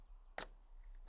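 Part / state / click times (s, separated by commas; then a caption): outer corner cover of plastic cladding trim off its base corner piece / released / 0.4 s. A plastic outer corner cover of cladding trim is popped off its base corner piece, giving a single sharp click at 0.4 s. The cover comes free and is released. Quiet background noise and a faint softer tap follow near the end.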